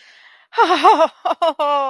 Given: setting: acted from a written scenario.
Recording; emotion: vocal sound without words; elation